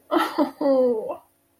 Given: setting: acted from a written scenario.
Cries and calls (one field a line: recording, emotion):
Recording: vocal sound without words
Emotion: sympathy